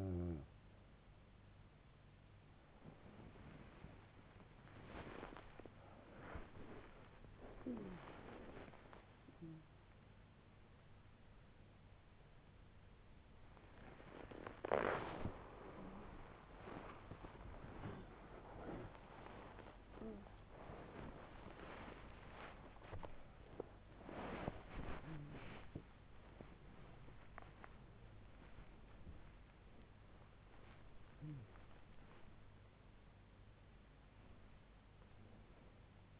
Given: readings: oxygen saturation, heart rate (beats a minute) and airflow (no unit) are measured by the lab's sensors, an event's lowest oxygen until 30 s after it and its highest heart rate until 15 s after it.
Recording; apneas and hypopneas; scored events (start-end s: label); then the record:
a person awake in a sleep study, by a voice recorder at the bedside; none
28.00-36.20 s: new sleep stage, N1 (lightest sleep)
From the record:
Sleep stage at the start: awake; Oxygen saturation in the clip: 94 to 96%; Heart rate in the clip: 70 to 94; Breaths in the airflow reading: 9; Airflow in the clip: -7.7 to 10.9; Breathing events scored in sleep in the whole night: 158 in 7.3 hours asleep